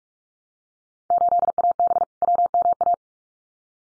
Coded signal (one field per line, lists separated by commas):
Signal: Morse code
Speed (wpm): 46 wpm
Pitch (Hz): 700 Hz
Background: none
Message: 8AB WMA